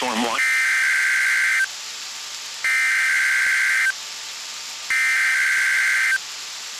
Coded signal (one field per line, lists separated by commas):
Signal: Emergency Alert System (SAME) tones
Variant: header bursts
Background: speech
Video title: NWR Weekly Tests (12/14/22)(EAS 1305-1308)